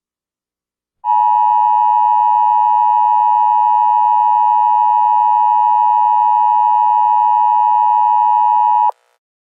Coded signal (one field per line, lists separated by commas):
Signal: Emergency Alert System (SAME) tones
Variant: 853 and 960 Hz attention tone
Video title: Angry EAS: Required Monthly Test